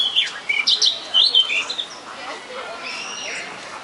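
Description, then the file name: Eurasian blackcap song: a short burst of varied, scratchy warbled notes in the first two seconds, followed by fainter notes. Sings only very briefly. "Sylvia atricapilla singing very shortly"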